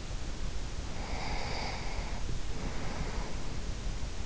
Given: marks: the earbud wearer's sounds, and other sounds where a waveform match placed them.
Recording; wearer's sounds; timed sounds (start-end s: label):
sounds in sleep by an in-ear microphone; breath
0.63-4.11 s: breath